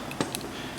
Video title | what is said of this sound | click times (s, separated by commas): HOW TO FIX A PULL CHAIN FAN SWITCH ON A CEILING FAN | it'll lock in place | 0.3 s